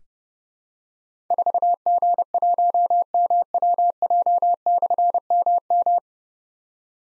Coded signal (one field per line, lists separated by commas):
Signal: Morse code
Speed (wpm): 30 wpm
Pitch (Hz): 700 Hz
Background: none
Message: 4G1MWJ/MM